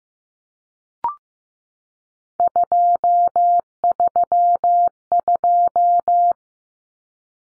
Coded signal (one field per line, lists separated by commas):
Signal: Morse code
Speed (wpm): 15 wpm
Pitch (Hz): 700 Hz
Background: none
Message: 232